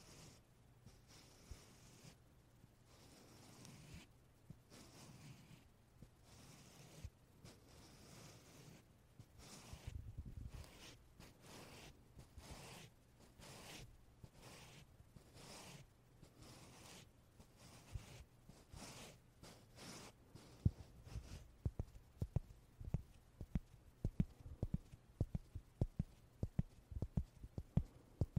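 Short puffs of air repeat through the recording, soft and spaced unevenly at first, with a low steady hum underneath. After about twenty seconds the puffs turn louder, sharper and more frequent, coming in quick irregular clusters until the end.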